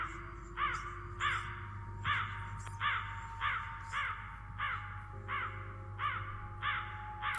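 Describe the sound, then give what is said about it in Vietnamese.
A black crow perched on the roof of an old temple caws repeatedly, about ten harsh, raspy calls in a steady rhythm, each short and clear over a low constant hum, with no voices. “Khi thấy bọn họ chuẩn bị mở cửa bước vào thì đột nhiên nó lại kêu lên mấy tiếng thẳng thốt.”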